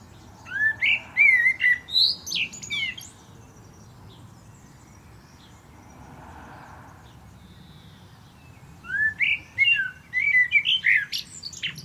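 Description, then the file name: Common blackbird song: two fluted, warbling phrases around mid pitch, each closing in a squeaky high twitter, separated by a quiet pause of several seconds. "Turdus merula"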